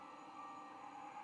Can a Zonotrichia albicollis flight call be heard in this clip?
no